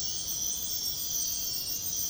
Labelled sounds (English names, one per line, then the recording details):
none
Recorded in pastures near Puerto Asís, Putumayo, Colombia, on 13 March 2025 at 05:00
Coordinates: 0.502, -76.324
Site GP07